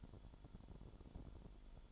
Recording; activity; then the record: daily activity, microphone in the room; light off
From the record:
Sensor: 5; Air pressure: 1008.0 hPa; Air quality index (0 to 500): 100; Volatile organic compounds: 1 ppm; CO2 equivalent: 778 ppm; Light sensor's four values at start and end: 31/73/30/29 and 31/72/29/29